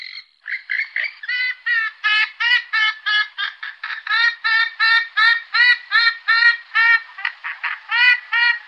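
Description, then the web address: Western swamphen calling, a long series of nasal, honking notes given about three times a second, steady and evenly spaced throughout. "Faglar Sound Purpurhona"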